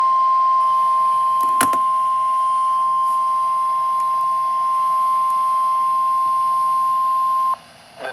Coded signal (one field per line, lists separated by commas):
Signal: Emergency Alert System (SAME) tones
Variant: 1050 Hz attention tone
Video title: Severe Thunderstorm Warning #17 (EAS #27) (6/12/2023)